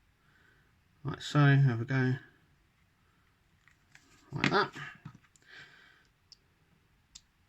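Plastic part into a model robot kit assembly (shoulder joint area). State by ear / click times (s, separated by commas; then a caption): seated / 7.2 s. A glued plastic part of a model robot kit is pushed onto its mating piece at the shoulder joint area. Someone talks over faint handling noises and small ticks, then a sharp click at 7.2 s marks the part clicking into place, nicely secured.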